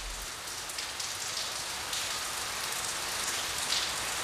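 nature, heavy pouring rain

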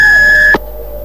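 signal or alarm, beep tone

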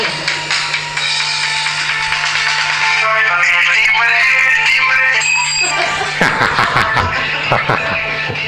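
signal or alarm, doorbell ringing

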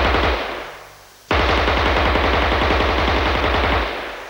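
sound effect, submachine gun burst

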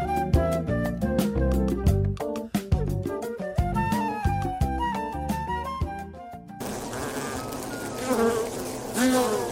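insect, bees buzzing

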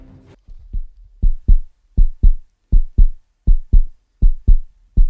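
human body sound, slow heartbeat

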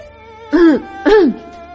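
human body sound, man clearing his throat

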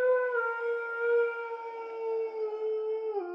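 animal, long drawn-out howl

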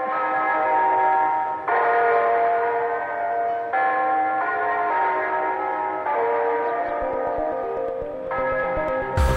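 sound effect, bells ringing

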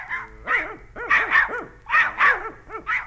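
animal, dogs barking

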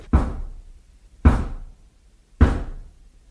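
household object, knocking on a door

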